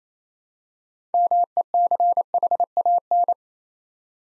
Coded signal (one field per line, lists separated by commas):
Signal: Morse code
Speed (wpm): 27 wpm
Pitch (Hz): 700 Hz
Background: none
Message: MECHAN